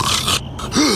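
A single harsh snort with a short groaning rise, an acted snore.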